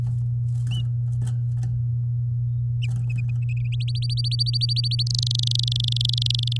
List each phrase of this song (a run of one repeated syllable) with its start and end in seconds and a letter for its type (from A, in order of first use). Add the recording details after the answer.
3.80-5.03 A, 5.07-6.57 B. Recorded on 8 May 2018 at 11:01. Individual llb16